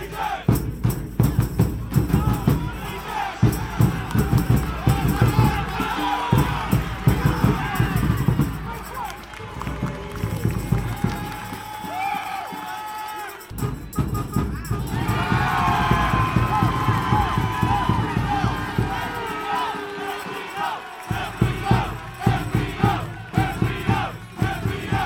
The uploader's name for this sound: Sounds of 18,418 Birmingham Legion FC Fans